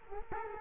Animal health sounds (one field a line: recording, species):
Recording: mosquito wingbeat signal from an infrared sensor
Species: Culex quinquefasciatus